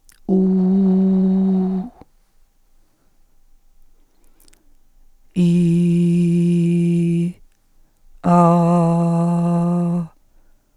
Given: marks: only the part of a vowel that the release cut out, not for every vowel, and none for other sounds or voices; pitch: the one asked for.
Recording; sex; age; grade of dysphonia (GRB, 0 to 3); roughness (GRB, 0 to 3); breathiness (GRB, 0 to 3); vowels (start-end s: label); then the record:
sustained vowels; female; 50 to 59 years; 1; 0; 1
0.50-1.51 s: vowel /u/, high pitch
5.49-7.04 s: vowel /i/, low pitch
8.49-9.96 s: vowel /a/, low pitch
From the record:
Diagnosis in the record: functional dysphonia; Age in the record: 58 years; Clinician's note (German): Psychogene Komponente